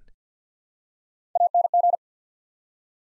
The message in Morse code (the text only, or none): ANG